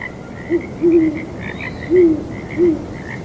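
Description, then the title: Owl giving four low, soft hoots over a steady chorus of frogs. Owls hooting on a breezy night, with frogs calling. "Owls Hooting and Frogs on Breezy Night"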